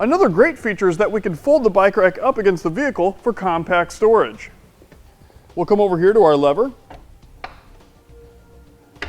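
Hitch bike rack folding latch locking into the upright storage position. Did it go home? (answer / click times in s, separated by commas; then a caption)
yes / 9.0 s. A hitch-mounted Kuat Sherpa 2.0 platform bike rack for two bikes is folded up against the vehicle with its lever for compact storage. Someone talks through the first half, then quiet handling noises follow with a sharp tick at 7.5 s. A sharp click at 9.0 s marks the rack's metal latch snapping into the stowed upright position.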